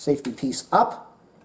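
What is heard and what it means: Someone talks while handling the plastic safety catch on the center hinge clamp of a EuroMini VIA 20-inch folding bike, pushing the safety piece up so the plastic doesn't wear. Only speech is heard over a quiet background. Nothing has clicked or seated yet.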